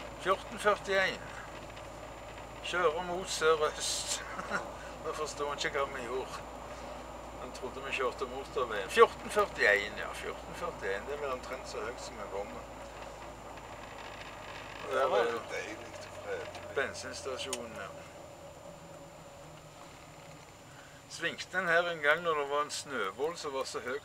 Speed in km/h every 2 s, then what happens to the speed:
28, 27, 29, 29, 28, 28, 27, 25, 20, 19, 14, 12.
0-11 steady at about 28. 11-24 slows to 12.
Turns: none.